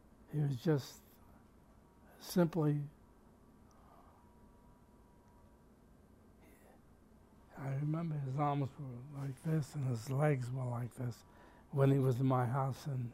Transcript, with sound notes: He was just simply, [pause] I remember his arm was sort of like this, and his legs were like this, when he was at my house